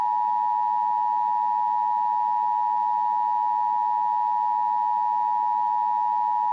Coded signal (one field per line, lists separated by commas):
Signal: Emergency Alert System (SAME) tones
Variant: 853 and 960 Hz attention tone